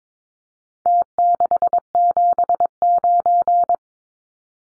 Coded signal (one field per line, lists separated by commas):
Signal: Morse code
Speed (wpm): 22 wpm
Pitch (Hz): 700 Hz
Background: none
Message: T679